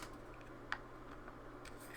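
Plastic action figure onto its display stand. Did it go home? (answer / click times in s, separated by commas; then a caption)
yes / 0.7 s. A plastic action figure is pushed onto the peg of its plastic display stand and clicks into place at 0.7 s, with a fainter tick at 1.3 s over a low steady background. The figure ends up locked onto the stand. No one talks during the clip.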